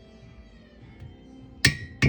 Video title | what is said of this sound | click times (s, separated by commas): CFR stubs | torque until they click | 1.7 s, 2.0 s